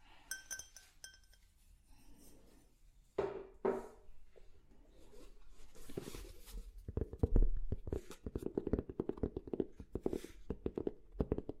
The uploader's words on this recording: Ear To Ear Relaxing Tapping on Different Objects（No Talking）.